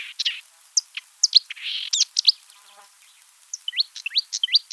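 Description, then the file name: Marsh Warbler song, a jumble of short chirps, buzzes and upslurred whistles with brief pauses, high-pitched and varied. Recorded 7 July 1984 in a marsh in France. "Rousserolle verderolle 1000 25 marais-Frane"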